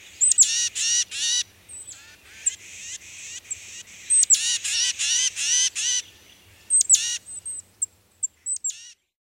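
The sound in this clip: Tufted titmouse harsh scolding call: buzzy, raspy notes repeated in rapid uneven bursts, some starting with a thin high whistle, and the bursts stop near the end, leaving a few thin high pips.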